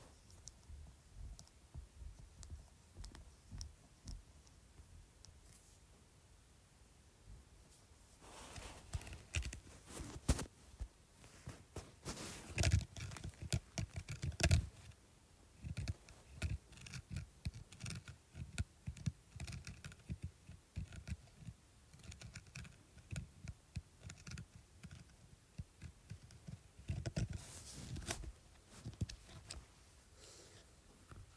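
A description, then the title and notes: Scratching on a speaker surface, made of dense, irregular strokes and taps, with clicky bursts like keyboard typing. The sound is fairly soft for the first eight seconds, then grows louder and busier, with sharp peaks near 10, 13, 15 and 28 seconds. ASMR Scratching Speaker.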